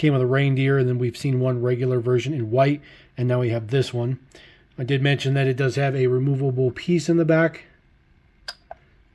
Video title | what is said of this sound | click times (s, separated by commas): Showcase: The Newest 2023 MiniGT Additions - LBWK, S15, Landrover, M4 GT3, Porsche, Bugatti, GT, R32 | Just it sets off just like that. It doesn't click on. | none